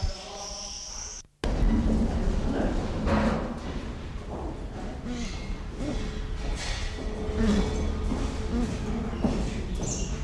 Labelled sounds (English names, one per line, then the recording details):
Congo Peafowl call
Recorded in captivity
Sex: pair
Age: adult
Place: Zoo Berlin, Berlin, DE
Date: 1993-03-06 11:32
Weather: 3-6°C, heiter bis wolkig
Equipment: Marantz CP 430, Sennheiser ME 80, Kopie Uher Variocord 263
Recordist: Tembrock, Günter